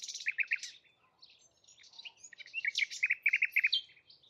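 Bird song, high chirpy phrases with two fast trilled runs of repeated notes, one at the start and one near the end, with quieter twittering between.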